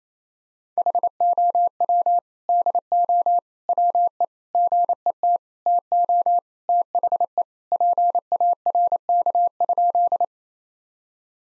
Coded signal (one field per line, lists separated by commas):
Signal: Morse code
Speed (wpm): 28 wpm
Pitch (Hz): 700 Hz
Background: none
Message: HOW DO WE GET TO THE PARK?